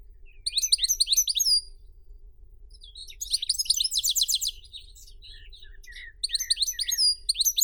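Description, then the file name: European goldfinch twittering in bursts of fast liquid trills with short gaps, over a faint low hum. "Golosa ptic - CSHegol Carduelis carduelis"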